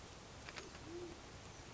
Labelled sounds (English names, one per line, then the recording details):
Band-tailed Pigeon
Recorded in Sonoma County, California